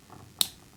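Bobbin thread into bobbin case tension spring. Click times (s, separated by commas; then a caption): 0.4 s. The bobbin thread on a White 1409 sewing machine is pulled through the slash on the metal bobbin case and into the opening under the tension spring. A faint soft sound at 0.1 s is followed by a sharp, bright little click at 0.4 s as the thread seats in the tension slot.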